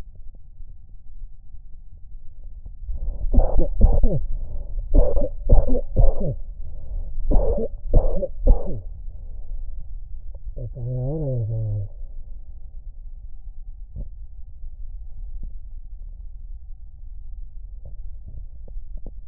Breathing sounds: lung sounds by stethoscope; right anterior apical chest; quiet breathing, then cough and speech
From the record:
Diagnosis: COPD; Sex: male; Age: 78 years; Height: 162 cm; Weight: 66.4 kg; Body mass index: 25.3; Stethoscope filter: extended mode

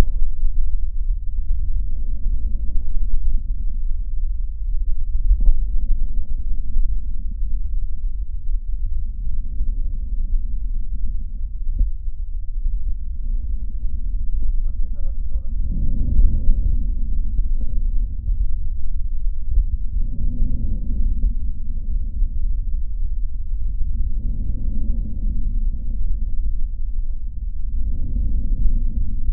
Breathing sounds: lung sounds by stethoscope; left posterior apical chest; quiet breathing, then deep breathing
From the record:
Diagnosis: pulmonary infection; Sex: male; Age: 74 years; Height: 171 cm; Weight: 80 kg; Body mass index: 27.4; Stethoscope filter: diaphragm mode

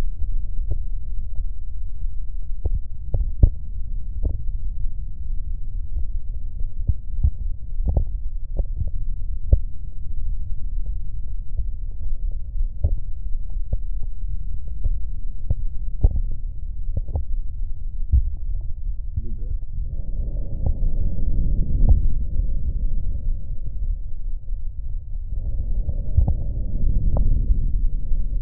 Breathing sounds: lung sounds by stethoscope; right posterior apical chest; quiet breathing, then deep breathing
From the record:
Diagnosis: none (healthy); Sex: male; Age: 23 years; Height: 185 cm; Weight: 93 kg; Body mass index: 27.2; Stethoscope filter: extended mode

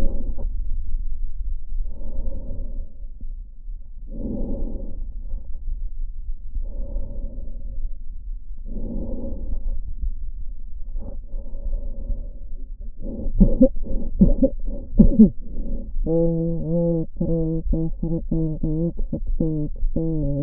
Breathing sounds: lung sounds by stethoscope; left posterior basal chest; quiet breathing, then cough and speech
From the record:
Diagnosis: interstitial lung disease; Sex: female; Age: 72 years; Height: 158 cm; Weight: 69 kg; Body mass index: 27.6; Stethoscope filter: diaphragm mode

